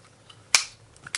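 The film insert (spool holder) of a Hasselblad 500C medium-format film magazine is pushed back into its metal magazine shell after loading. It pops into place with one sharp mechanical click at 0.6 s, and the insert is seated. Fainter small clicks come before and after, with a louder tick near the end.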